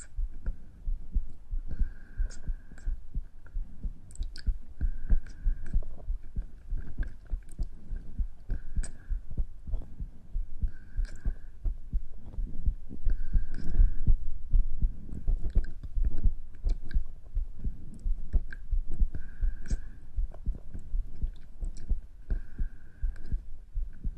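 Steady low thumping heartbeat under soft breathing noise, a normal resting heartbeat heard close-up in an ASMR recording of heartbeat and breathing.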